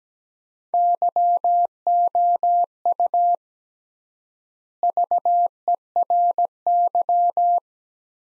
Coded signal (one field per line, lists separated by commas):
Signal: Morse code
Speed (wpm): 17 wpm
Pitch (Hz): 700 Hz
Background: none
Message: YOU VERY